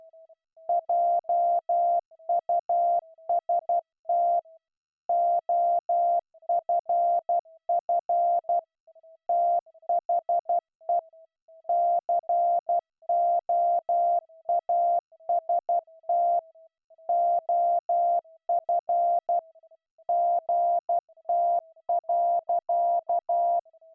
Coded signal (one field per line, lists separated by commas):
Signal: Morse code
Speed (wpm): 12 wpm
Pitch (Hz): 690 Hz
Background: none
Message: JUST OFF THE COAST OF GT.